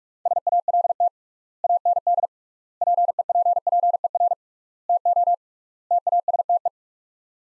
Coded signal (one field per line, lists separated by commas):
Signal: Morse code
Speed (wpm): 46 wpm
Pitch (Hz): 700 Hz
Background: none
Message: SALT AND PEPPER TO TASTE